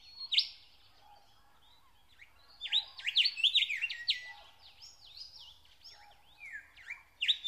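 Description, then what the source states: Nightingale song with varied phrases: a sharp opening note, then a dense burst of rich whistles and slurred rising notes, with fainter separate notes after. Singing in spring.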